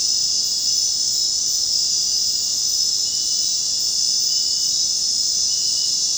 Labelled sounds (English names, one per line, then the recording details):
none
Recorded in dense forest near Puerto Asís, Putumayo, Colombia, on 23 June 2025 at 23:00
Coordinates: 0.499, -76.324
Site G100